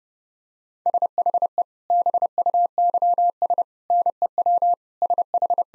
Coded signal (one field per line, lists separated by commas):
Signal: Morse code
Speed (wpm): 32 wpm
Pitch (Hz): 700 Hz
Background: none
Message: SHE BUYS NEW SH